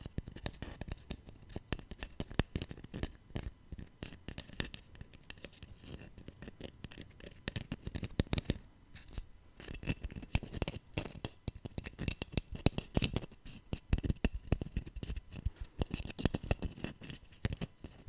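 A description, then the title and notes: Dense, fast tapping runs without pause for the whole stretch, a busy patter of crisp little clicks with some brighter, glassy or scratchy touches. The taps vary in weight and come in quick irregular bursts, with no talking. Tapping No Talking.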